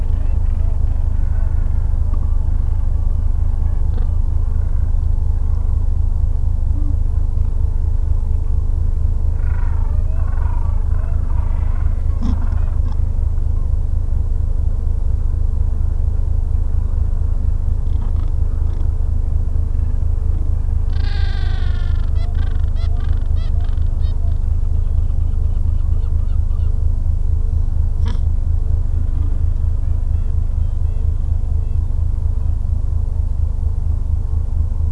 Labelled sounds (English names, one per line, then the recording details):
Gentoo Penguin
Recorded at the colony at Pleneau Island, Antarctica, on 3 January 2015
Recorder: Song Meter SM2+